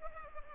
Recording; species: mosquito wingbeat signal from an infrared sensor; Culex pipiens